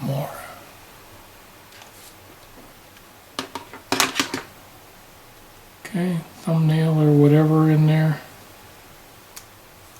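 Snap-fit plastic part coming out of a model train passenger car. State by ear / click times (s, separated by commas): released / 9.4 s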